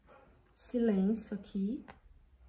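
A zipper slider is being threaded onto nylon zipper tape while making a synthetic-leather pouch. Someone talks briefly over faint handling sounds, with a short tick near the start. Nothing has clicked or seated yet.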